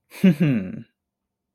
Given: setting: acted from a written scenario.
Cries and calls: vocal sound without words; pride

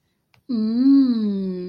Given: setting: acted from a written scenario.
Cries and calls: vocal sound without words; desire

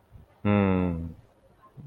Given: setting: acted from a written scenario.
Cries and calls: vocal sound without words; realization

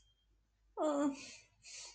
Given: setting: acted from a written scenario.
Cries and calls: vocal sound without words; guilt

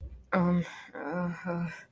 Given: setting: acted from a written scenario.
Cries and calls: vocal sound without words; embarrassment

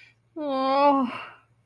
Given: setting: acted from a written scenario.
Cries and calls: vocal sound without words; shame

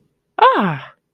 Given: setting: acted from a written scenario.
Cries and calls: vocal sound without words; elation

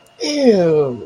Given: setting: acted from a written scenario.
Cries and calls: vocal sound without words; disgust

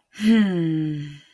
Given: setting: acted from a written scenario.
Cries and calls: vocal sound without words; pride

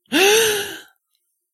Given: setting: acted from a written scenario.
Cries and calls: vocal sound without words; distress

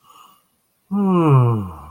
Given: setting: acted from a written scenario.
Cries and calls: vocal sound without words; desire

